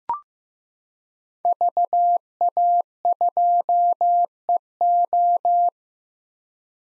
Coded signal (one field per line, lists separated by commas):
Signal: Morse code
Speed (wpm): 15 wpm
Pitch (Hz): 700 Hz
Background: none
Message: VA2EO